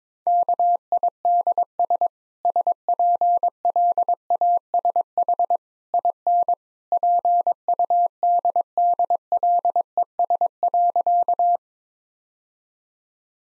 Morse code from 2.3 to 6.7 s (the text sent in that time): SPLASH IN